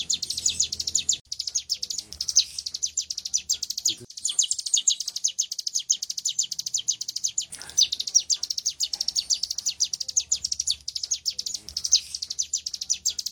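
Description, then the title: Prinia singing a sustained stream of fast, high, ticking notes with only brief pauses, and a faint low hum in the background. "Cigun Durasi Panjang By Kicauan.net"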